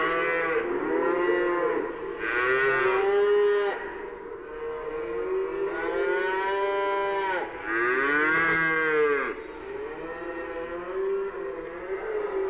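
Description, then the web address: Cattle mooing, loud drawn-out moos one after another, some rising then falling in pitch, with constant lowing underneath. Cattle mooing in a stockyard. "cow stock yard mooing animal cattle"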